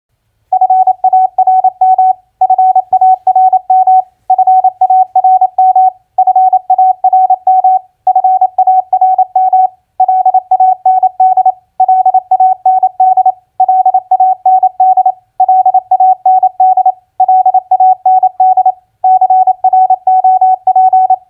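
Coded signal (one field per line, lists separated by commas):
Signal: Morse code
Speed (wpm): 28 wpm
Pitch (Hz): 750 Hz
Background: none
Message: FARM FARM FARM FARM FARM LAND LAND LAND LAND LAND CROP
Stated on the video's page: Morse practice of common four-letter word recognition played at 28 wpm.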